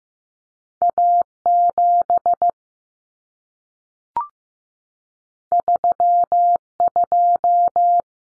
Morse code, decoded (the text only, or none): A7 32